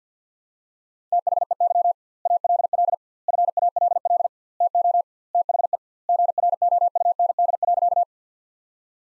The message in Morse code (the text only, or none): THEY ALL FALL TO THE GROUND.